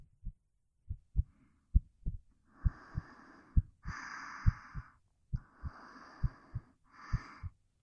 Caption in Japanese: ドクンドクン、同じリズムで脈を打ってる。 胸にギューって顔を寄せて、この音に耳を傾けて。